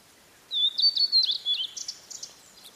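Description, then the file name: Blue-and-white flycatcher song, one phrase of sweet sliding whistles that break into a quick run of buzzy, rasping notes at the end. "oruri"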